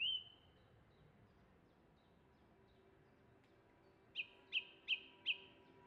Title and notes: This field recording of a song thrush in Oxfordshire, England